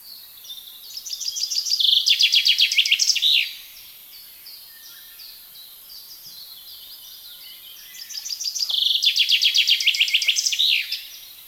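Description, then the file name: Common chaffinch delivering two full songs about seven seconds apart, each a loud rattling trill that falls in pitch and ends in a flourish; faint birds between. "Fringilla coelebs"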